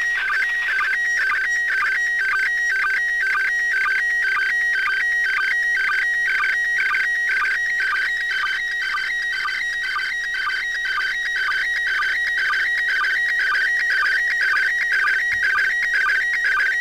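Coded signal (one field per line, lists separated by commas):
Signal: SSTV (slow-scan television)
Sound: warbling, buzzy tone stepping between pitches, with a rhythmic low blip about twice a second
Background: radio static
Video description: Using Android app Robot36 and a Baofeng UV-5R to decode Slow Scan TV images from the Internation Space Station commemorating Cosmonaut day!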